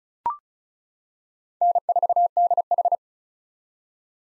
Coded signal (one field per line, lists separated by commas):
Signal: Morse code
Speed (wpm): 36 wpm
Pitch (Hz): 700 Hz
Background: none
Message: N4DH